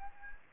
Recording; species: mosquito wingbeat signal from an infrared sensor; Anopheles gambiae